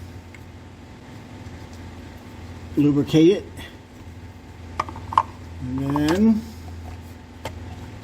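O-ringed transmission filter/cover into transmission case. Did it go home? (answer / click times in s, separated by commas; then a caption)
yes / 7.5 s. On a 2016 Honda Civic CVT transmission, someone talks while a transmission filter/cover fitted with a new O-ring, lubricated with transmission fluid, is pressed into its bore on the transmission case. Sharp clicks at about 4.8 and 5.2 seconds precede a short snap at 7.5 seconds, when the O-ringed part seats into place.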